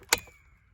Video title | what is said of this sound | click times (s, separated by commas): How To Start A Chainsaw | hear that click now your chain is our your uh your break is off your chain so | 0.1 s